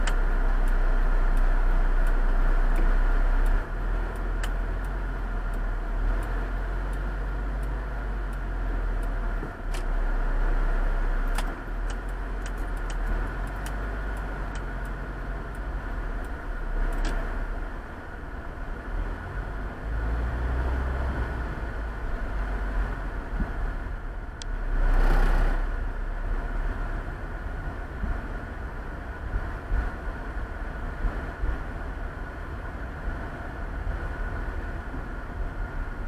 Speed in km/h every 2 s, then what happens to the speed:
0, 0, 0, 0, 0, 0, 0, 4, 7, 10, 13, 14, 19, 21, 22, 22, 23, 21.
0-14 standing. 14-27 speeds up to 22. 27-36 steady at about 22.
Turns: none.